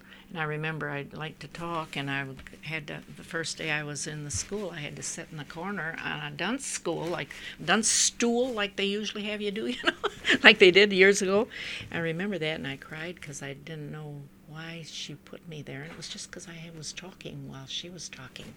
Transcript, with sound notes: And I remember I'd like to talk, and I had to, the first day I was in the school I had to sit in the corner, a dunce school, a dunce stool, like they usually have you do? ( she laughs ) Like they did years ago? I remember that, and I cried because I didn't know why she put me there, it was just because I was talking while she was talking.